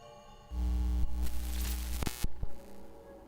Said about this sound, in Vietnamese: Cái bóng típ sắp hỏng rè rè nhập nhoạng sáng tối mấy cái, rồi mới lóe lên.